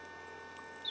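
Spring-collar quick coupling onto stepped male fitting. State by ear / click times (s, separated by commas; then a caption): not seated / none. The spring-loaded collar of a metal quick-release coupling is pulled back as the coupling is handled toward a stepped male fitting. Only a steady faint hum with a few thin tonal lines is heard, rising slightly with a brief high chirp-like tone near 0.9 s. Nothing has seated or clicked yet.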